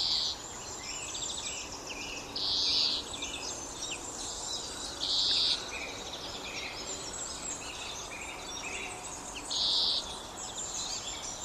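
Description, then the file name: European greenfinch giving short buzzy, flat-toned notes every few seconds, over a busy background of faint twittering and chirping. "Chloris chloris"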